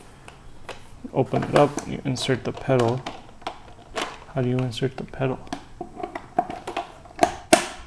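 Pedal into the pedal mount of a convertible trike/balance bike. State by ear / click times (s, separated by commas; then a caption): seated / 7.5 s. A pedal is inserted into the opened flap of the pedal mount on a child's Velo Flippa convertible trike/balance bike and pushed until it locks. Someone talks over light handling clicks and taps. The pedal snaps into place with a sharp, loud click at 7.5 s.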